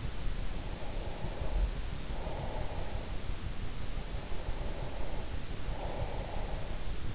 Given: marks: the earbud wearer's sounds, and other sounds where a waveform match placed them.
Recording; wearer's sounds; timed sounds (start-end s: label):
sounds in sleep by an in-ear microphone; breath
0.29-3.52 s: breath
4.30-7.14 s: breath